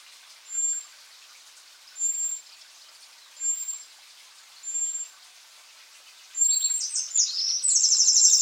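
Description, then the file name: Eurasian wren song: four thin, high whistles spaced over a second apart, followed by the start of a fast, shrill, rattling trill that runs to the end. "Troglodytes troglodytes"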